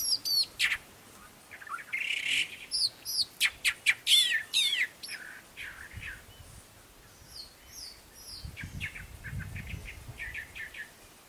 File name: Canto do mimao de cauda longa